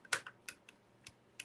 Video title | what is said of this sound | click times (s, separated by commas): LIVE Convert Epson WF 7820 to TRU Colors Sublimation WITH CHIPS Refillable 7840 NOT ARC Single Use | i'm going to place it here and you're going to listen for it to click | 0.1 s